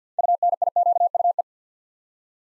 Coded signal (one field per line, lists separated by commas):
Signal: Morse code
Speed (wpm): 50 wpm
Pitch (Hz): 700 Hz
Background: none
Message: UNIQUE